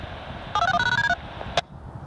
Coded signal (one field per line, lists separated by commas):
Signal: DTMF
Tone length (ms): 70 ms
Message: 7261#D3